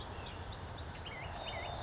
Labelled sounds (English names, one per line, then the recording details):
California Towhee
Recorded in Sonoma County, California